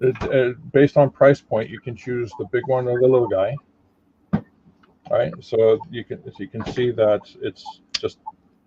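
A plastic accessory is being handled and fitted onto an action figure while someone talks, with a short sharp knock during a pause at about 4.3 s. The clip ends before the accessory goes home, so nothing has seated or clicked into place yet.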